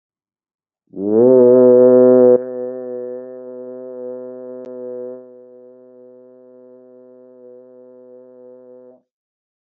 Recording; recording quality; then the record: sustained vowel as in made; excellent, no background noise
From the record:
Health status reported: healthy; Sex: male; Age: 37 years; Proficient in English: yes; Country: India